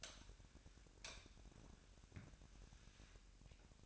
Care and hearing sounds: daily activity, microphone in the room; light on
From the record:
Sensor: 2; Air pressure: 1011.8 hPa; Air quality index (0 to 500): 218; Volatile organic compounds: 3 ppm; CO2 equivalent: 1536 ppm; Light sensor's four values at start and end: 10/23/10/10 and 14/40/16/16

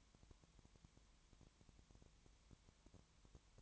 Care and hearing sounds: daily activity, microphone in the room; no activity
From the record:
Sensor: 3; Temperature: 20.5 degrees Celsius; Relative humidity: 33.0%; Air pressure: 1003.2 hPa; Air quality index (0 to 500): 105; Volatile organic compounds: 2 ppm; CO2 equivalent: 1067 ppm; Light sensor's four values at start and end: 2/3/2/2 and 2/3/2/2

